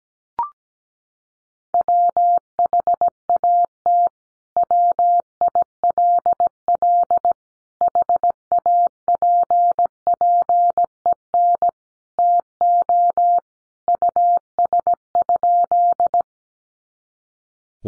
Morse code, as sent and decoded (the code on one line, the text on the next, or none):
.-- .... .- - / .-- .. .-.. .-.. / .... .- .--. .--. . -. / - --- / ..- ... ..--..
WHAT WILL HAPPEN TO US?